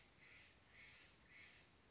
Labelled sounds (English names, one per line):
Steller's Jay